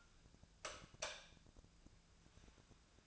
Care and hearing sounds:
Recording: daily activity, microphone in the room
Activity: light off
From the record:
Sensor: 2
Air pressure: 999.9 hPa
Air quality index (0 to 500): 117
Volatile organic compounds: 2 ppm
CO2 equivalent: 1007 ppm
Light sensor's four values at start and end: 29/81/33/36 and 25/64/26/30

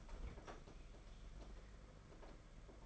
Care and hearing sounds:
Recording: daily activity, microphone in the room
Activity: open fridge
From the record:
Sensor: 5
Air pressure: 992.0 hPa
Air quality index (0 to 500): 200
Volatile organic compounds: 1000 ppm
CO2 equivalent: 5756 ppm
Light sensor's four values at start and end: 29/101/37/39 and 29/100/37/39

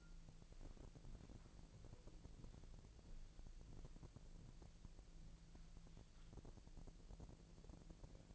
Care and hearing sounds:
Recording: daily activity, microphone in the room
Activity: walk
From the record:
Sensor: 5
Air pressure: 1002.2 hPa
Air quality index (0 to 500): 242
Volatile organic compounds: 27 ppm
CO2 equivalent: 2898 ppm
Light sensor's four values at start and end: 32/75/31/34 and 32/75/31/34

